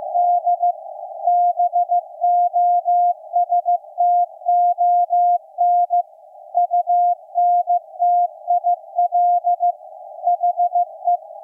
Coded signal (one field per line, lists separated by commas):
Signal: Morse code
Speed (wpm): 15 wpm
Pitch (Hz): 700 Hz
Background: none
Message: D BOSTON UNTIL HE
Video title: Night of Nights XX KPH Point Reyes California Reactivation 128085 kHz CW Shortwave SDRplay RSP1A W6L